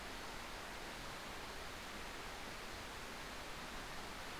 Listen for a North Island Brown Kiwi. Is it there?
no